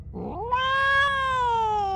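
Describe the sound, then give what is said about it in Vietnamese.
A single drawn-out yowl from a black cat that rises quickly in pitch, then holds a loud, strained, harmonic wail that slowly sags toward the end, with no voices present. “Sau tiếng kêu thì phía bên cửa sổ, con mèo đen cũng đã xuất hiện và đang ngồi ở đó.”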